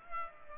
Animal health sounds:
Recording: mosquito wingbeat signal from an infrared sensor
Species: Culex pipiens

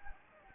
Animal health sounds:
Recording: mosquito wingbeat signal from an infrared sensor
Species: Anopheles gambiae

